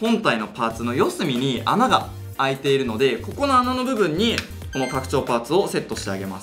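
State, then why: Not seated. A plastic extension post is handled near a corner hole in the base of a weapon display stand, where it is meant to fit firmly. Someone talks over music throughout, and the clip ends before the part goes in, so nothing has seated or clicked yet.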